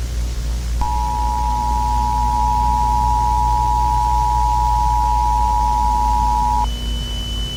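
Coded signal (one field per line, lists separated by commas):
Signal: Emergency Alert System (SAME) tones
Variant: 853 and 960 Hz attention tone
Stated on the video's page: Simulated Halloween EAS scenario.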